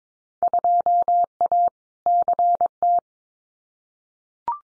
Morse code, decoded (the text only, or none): 2A CT